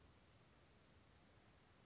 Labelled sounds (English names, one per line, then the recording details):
California Towhee
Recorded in Sonoma County, California